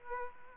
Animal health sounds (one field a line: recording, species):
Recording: mosquito wingbeat signal from an infrared sensor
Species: Aedes aegypti